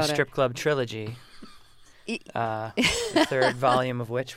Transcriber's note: soundbite of laughter